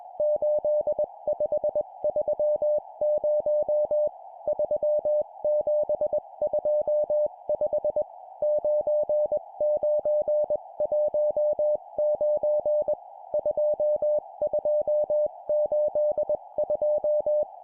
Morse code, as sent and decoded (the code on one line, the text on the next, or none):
---.. ..... ...-- ----- / ...-- --... ..--- ..... / ----. ----. .---- ----. / ..--- ..--- ---.. ..---
8530 3725 9919 2282